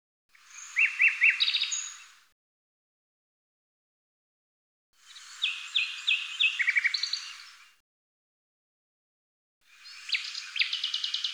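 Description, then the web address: Common nightingale song, three varied phrases of sharp whistles and rapid repeated trill notes, separated by clean silent gaps of a few seconds. Cleaned and normalized. "Deverinetal 2025"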